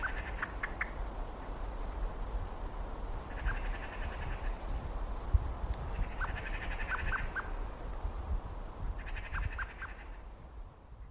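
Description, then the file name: Common blackbird chattering in repeated rattling bursts roughly every three seconds, mixed with sharp clucking notes, against a continuous low background rumble. "Turdus merula"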